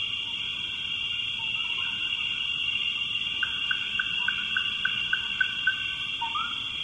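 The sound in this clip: Frog calls, a rapid series of about ten short clicking notes and a brief rising croak, over a steady shrill drone.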